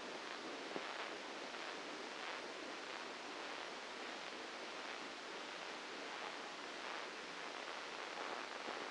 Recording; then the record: brain microelectrode recording played as sound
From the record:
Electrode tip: outside the subthalamic nucleus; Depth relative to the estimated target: -6 mm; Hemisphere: left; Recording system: NeuroSet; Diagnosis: Parkinson's disease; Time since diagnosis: 9 years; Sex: female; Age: 51 years